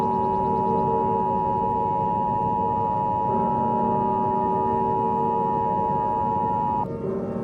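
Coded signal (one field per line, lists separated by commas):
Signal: Emergency Alert System (SAME) tones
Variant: 853 and 960 Hz attention tone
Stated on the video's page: Fictional EAS scenario.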